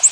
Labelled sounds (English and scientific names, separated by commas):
Yellow-rumped Warbler (Setophaga coronata) flight call